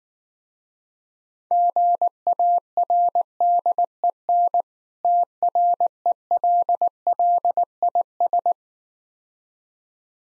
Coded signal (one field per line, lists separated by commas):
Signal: Morse code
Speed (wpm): 19 wpm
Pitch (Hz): 700 Hz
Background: none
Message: GARDEN TRELLIS